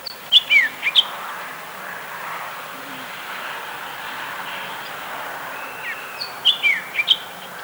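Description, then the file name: Bird chirps, sharp high notes in a quick cluster at the start and again near the end, over a steady broad background hiss. "SABIOD 50 bird 2015"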